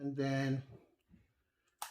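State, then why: Seated. An interchangeable lens, its dot lined up with the body, is twisted onto a Canon EOS M50 mirrorless camera body mount while someone talks. A single sharp click is heard at 1.8 seconds as the lens seats in the mount.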